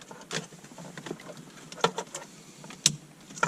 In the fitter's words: clicks into place